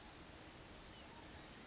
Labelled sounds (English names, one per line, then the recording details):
Blue-gray Gnatcatcher
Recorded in Sonoma County, California